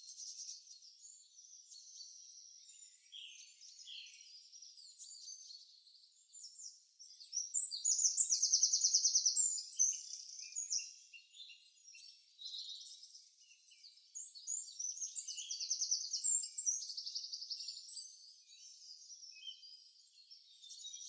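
A dense chorus of high, thin birdsong runs throughout, with many small chirps and twitters overlapping. Louder rapid trills stand out around seconds 8 to 10 and again near 15 to 18, from birds that sound fairly close. Nothing low or deep is heard.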